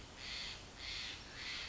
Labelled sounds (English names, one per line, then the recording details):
Steller's Jay
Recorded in Sonoma County, California